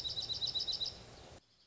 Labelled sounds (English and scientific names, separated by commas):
Dark-eyed Junco (Junco hyemalis)